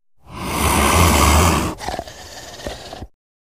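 Leopard giving a long, harsh rasping roar, followed by several shorter grunting breaths.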